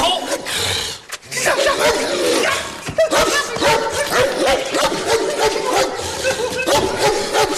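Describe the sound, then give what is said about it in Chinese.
A dog barks in repeated, sharp bursts while people talk over it, the barking steady and fairly loud throughout. “人都不让你约完呢，更何况一狗呢？”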